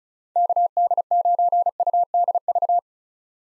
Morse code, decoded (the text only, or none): KD9UDV